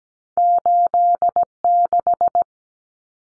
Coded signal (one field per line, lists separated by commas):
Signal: Morse code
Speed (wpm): 17 wpm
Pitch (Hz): 700 Hz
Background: none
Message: 86